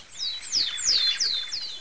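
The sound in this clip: Bird calls: several quick, high chirps, each sweeping downward in pitch, over faint background hiss.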